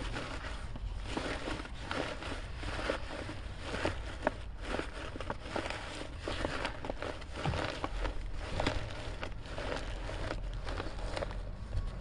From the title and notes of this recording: Winter in the city. Scraping ice from windshield, knocking icicles from my bumper, crunching snow under my feet, slight city sounds and more.